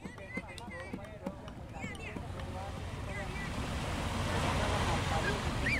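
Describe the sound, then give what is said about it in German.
Gentle sea waves lap and wash against a long beach promenade in Santa Marta on Colombia's Caribbean coast, in a steady, hissing swell that grows fuller toward the end, with people's voices heard over it early on. “Das Meer schlägt sanft an die Promenade.”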